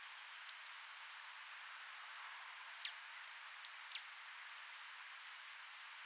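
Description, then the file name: Marsh tit calls, thin high chips and brief notes scattered throughout, with one sharper, louder note near the start. "Poecile palustris"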